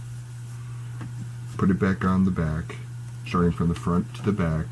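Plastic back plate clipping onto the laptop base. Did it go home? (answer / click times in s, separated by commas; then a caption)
no / none. The plastic bottom cover of a laptop is being pressed back onto the laptop base, working from front to back, while someone talks over a steady low hum. Nothing has seated or clicked yet.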